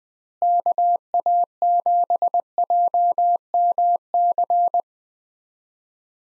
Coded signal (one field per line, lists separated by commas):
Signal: Morse code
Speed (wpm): 20 wpm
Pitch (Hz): 700 Hz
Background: none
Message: KA7JMC